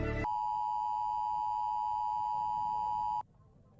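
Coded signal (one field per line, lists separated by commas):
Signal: Emergency Alert System (SAME) tones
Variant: 853 and 960 Hz attention tone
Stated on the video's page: EAS tones in an analog-horror fiction production.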